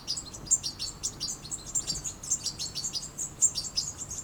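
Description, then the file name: European goldfinch producing quick, high tinkling twitters in a steady stream of many short notes, with light background noise. "Carduelis carduelis"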